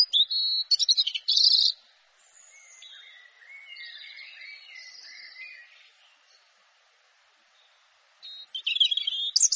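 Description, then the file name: European robin singing: a bright, high jumbled phrase, then a long soft passage of lower, sliding notes, and another sharp high flourish at the end. "canto do pisco de peito ruivo"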